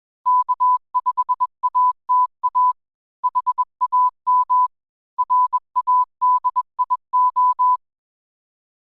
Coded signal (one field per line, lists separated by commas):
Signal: Morse code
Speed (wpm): 21 wpm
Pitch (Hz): 1000 Hz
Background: none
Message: K5ATA HAM RADIO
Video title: Ham Radio: MFJ 564 CW Iambic Paddle Review